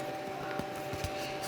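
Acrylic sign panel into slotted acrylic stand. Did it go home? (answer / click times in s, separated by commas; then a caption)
no / none. An acrylic sign panel is put into the slot of a slotted acrylic stand and lined up before being locked into place. Faint handling taps and light scrapes sit over a steady background hum, and nothing has seated or clicked yet.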